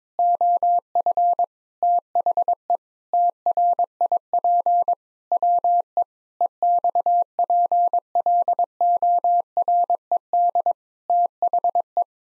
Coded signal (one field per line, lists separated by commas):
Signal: Morse code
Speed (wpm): 22 wpm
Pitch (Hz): 700 Hz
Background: none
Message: OF THE TRIP WE EXPLORED THE